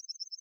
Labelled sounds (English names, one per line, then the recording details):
Yellowhammer song
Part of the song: start
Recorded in the Czech Republic on 29 June 2014
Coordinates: 49.872, 13.879
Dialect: XlB
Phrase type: B38
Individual h019